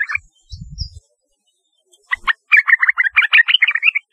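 Yellow-vented bulbul song, a short chirp then silence, followed by a rapid burst of bubbly, jumbled notes; a dull thud early on.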